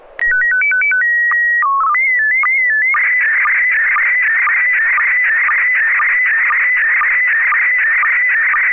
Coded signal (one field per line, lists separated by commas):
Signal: SSTV (slow-scan television)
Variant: PD 120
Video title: N6NA SSTV Net - 01/25/2023